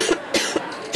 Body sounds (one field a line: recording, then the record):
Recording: coughing mixed with background sound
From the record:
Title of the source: 55 gaggy wet cough